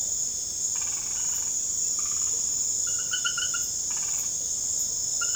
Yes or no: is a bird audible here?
no